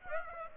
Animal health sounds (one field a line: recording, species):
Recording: mosquito wingbeat signal from an infrared sensor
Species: Aedes aegypti